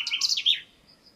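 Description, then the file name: Common chaffinch song fragment, a quick run of bright, high chirps ending in a short flourish, then quiet. "Fringilla coelebs"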